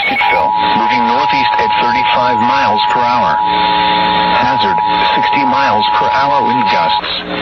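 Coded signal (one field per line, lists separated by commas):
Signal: Emergency Alert System (SAME) tones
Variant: 853 and 960 Hz attention tone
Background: speech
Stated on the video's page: Mock with valid tones depicting NOAA weather radio malfunctioning, suggesting a tampered ENDEC.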